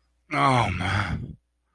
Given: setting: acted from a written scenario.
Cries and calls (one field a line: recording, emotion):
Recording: vocal sound without words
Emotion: sympathy